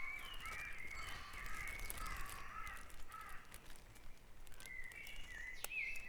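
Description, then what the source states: Birds: dawn chorus of several birds: continuous overlapping whistles and harsh calls, then a sharp tick and a bright whistled phrase near the end. Dawn chorus at Back Dragon Avenue, Harrogate; part of the Sound Map of Harrogate.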